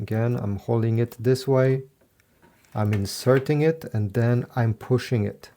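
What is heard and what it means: Someone talks while a cyan plastic ink cartridge is inserted and pushed into its slot in the cartridge bay of a Brother MFC-J1170DW inkjet printer. Only faint, brief handling sounds are heard in a pause in the talk, at 2.2 s and 2.7 s. Nothing has seated or clicked yet.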